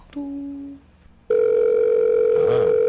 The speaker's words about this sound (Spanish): Está sonando entonces el teléfono.